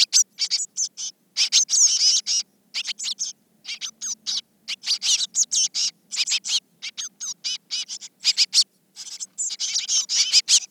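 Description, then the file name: Eurasian blue tit uttering bursts of high, harsh scolding notes in irregular clusters separated by short silences. "Cyanistes caeruleus"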